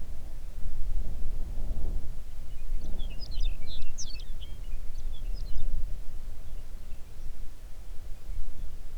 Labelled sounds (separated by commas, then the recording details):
songbird, wind
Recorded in the Arctic National Wildlife Refuge, Alaska, on 3 June 2019 at 04:59
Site 37